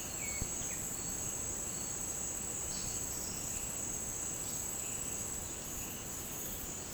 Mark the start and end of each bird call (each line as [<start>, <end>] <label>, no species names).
[0.00, 0.80] bird call
[2.69, 3.42] bird call